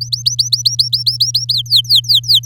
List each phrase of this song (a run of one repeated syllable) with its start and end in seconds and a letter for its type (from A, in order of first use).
0.01-1.53 A, 1.54-2.45 B